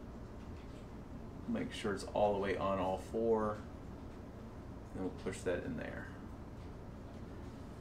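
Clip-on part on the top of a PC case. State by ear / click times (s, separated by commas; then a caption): not seated / none. A clip-on part is pushed onto the top of a PC case and checked to be on at all four points, but it does not snap down because the clip for that spot was never included. Someone talks over faint background noise, and nothing has seated or clicked yet.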